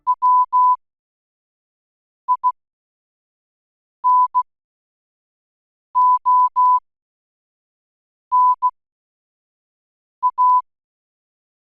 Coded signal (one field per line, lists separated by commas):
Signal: Morse code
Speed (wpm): 16 wpm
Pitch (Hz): 1000 Hz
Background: none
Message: WINONA